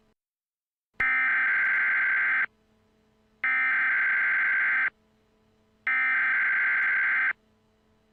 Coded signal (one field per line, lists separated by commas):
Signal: Emergency Alert System (SAME) tones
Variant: header bursts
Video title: [EAS Scenario] Technological Takeover Part 1